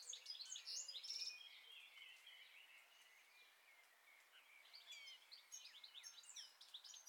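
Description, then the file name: European goldfinch twittering: rapid, tinkling high chirps and trills in bursts, fading midway then returning. "Carduelis carduelis"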